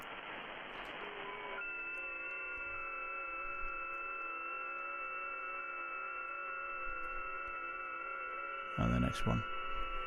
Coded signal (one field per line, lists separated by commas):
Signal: FT8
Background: speech